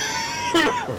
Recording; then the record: coughing mixed with background sound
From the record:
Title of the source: Dry Coughing Fit in the Afternoon.